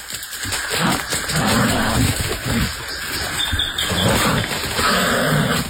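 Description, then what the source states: Brown kiwi fighting calls, harsh rasping growls and snarls running continuously throughout. Two brown kiwis fighting, going head to head; the sound was likened to terrifying beasts such as tigers or Komodo dragons.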